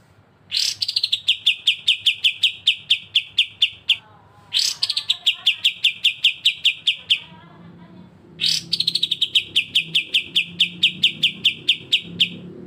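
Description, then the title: Streaked spiderhunter giving three bouts of rapid chipping notes separated by short pauses. Energetic, clear, long song, used as a tutor recording for training other birds. "Pijantung Gunung Gacor Jernih Panjang"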